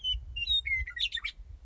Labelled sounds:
Western Meadowlark
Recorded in Sonoma County, California

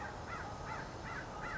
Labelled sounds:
American Crow
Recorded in Sonoma County, California

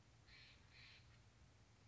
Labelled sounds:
Steller's Jay
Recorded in Sonoma County, California

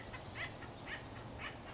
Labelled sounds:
Acorn Woodpecker
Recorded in Sonoma County, California

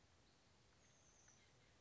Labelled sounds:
Oak Titmouse
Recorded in Sonoma County, California

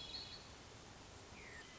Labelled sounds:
Hermit Thrush
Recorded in Sonoma County, California

